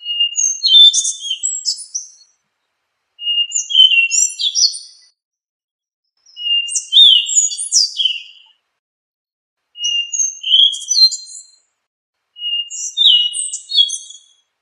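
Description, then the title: Thrush song in five separate phrases about every three seconds, each a clear whistle leading into busy, high-pitched twittering and trills, with silence between. "Familia Turdidae - Sabia"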